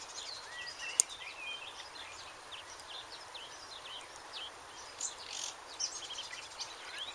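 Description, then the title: Bird chorus of scattered high chirps and short whistles, fairly faint, with one sharp click near the start and steady background hiss. "LuckyPassaro Completos2Sama"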